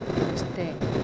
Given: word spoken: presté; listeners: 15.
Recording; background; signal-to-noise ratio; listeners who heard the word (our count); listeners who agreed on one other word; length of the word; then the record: one Spanish word in noise, from a listening test; noise modulated by three-talker babble; -5.0 dB; 0 of 15; 7 of 15; 0.64 s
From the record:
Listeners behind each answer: 7, 2, 1, 1, 1, 1, 1, 1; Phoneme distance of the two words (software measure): 14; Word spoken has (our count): 2 syllables, 6 phonemes, stress on syllable 2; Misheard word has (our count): 2 syllables, 4 phonemes, stress on syllable 2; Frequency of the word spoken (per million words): 0.67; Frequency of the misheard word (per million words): 79.91